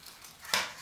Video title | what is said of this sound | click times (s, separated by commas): Installing the oversized tunnel and painting the engine bay; Shoebox Ford Ep9 | There it goes. And once you hear it pop, | 0.5 s